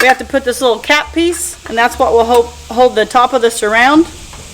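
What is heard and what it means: A small cap piece is handled at the top of a trampoline enclosure pole while someone talks over a low steady hum. Nothing has seated or clicked into place yet.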